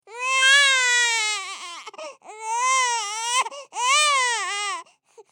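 A human baby cries in three long, high-pitched wails with rich harmonics, separated by brief catching breaths.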